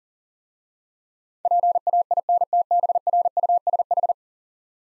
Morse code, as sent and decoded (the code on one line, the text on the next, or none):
.--. .- .. -. - -... .-. ..- ... ....
PAINTBRUSH